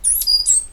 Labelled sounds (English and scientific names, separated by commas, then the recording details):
Stitchbird (Notiomystis cincta) song
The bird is a male
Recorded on Tiritiri Matangi Island, New Zealand, in 2005
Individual 8, of nest box 10